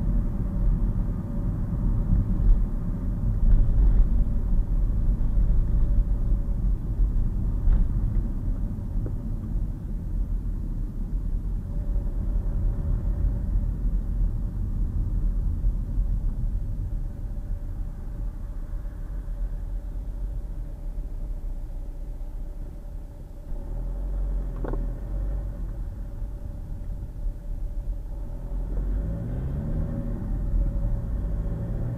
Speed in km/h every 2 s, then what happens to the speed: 42, 40, 40, 35, 26, 26, 26, 21, 11, 8, 3, 5, 11, 8, 21, 29.
0-8 slows to 26. 8-13 steady at about 26. 13-20 slows to 3. 20-23 speeds up to 11. 26-32 speeds up to 29.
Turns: none.